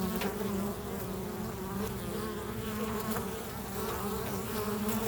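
Bee hum, steady low buzzing from several insects with warbling overtones and faint taps.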